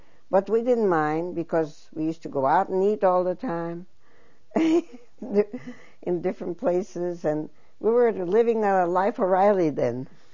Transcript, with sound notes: But we didn't mind, because we used to go out and eat all the time. ( she laughs ) In different places. And we were living the Life of Riley, then.